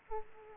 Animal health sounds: mosquito wingbeat signal from an infrared sensor; Aedes aegypti

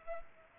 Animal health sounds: mosquito wingbeat signal from an infrared sensor; Culex pipiens

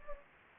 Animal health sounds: mosquito wingbeat signal from an infrared sensor; Anopheles gambiae

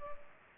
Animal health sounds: mosquito wingbeat signal from an infrared sensor; Culex pipiens

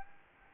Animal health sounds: mosquito wingbeat signal from an infrared sensor; Anopheles gambiae

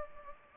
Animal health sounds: mosquito wingbeat signal from an infrared sensor; Anopheles gambiae

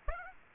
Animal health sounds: mosquito wingbeat signal from an infrared sensor; Aedes aegypti

